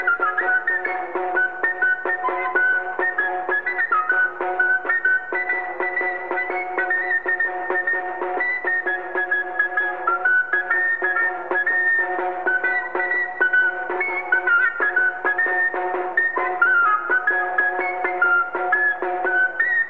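A silbu folk pipe played by master Vidal y Sequilla plays a lively Pasacalles de Liendo, its bright, shrill melody dancing continuously over steady lower sustained tones and light rhythmic tapping, with no voices throughout.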